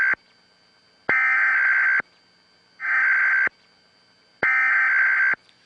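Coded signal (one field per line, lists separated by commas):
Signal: Emergency Alert System (SAME) tones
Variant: header bursts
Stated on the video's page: First nationwide EAS test, able to cut into the broadcast signal.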